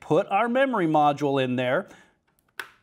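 A memory module is pressed into the opened B2 DIMM slot on a motherboard, and the plastic retention tabs snap closed around it. Someone talks until about 1.9 s, then after two faint ticks a sharp click sounds at 2.6 s. The module is seated, with the tabs locked around it.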